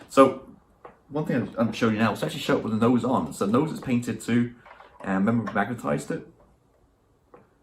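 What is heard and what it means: Someone talks while a painted, magnetized plastic nose cone is fitted onto the front fuselage of a 1/32 Trumpeter EA-18G Growler scale model jet. After the talk fades, the nose cone snaps into place with a faint tick at 7.3 s and is confirmed on.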